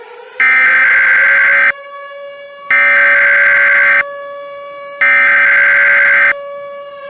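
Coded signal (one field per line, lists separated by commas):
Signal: Emergency Alert System (SAME) tones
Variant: header bursts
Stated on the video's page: Fictional EAS scenario set during an alien invasion from the first Avengers film, with minor changes.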